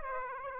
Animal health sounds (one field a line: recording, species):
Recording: mosquito wingbeat signal from an infrared sensor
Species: Aedes aegypti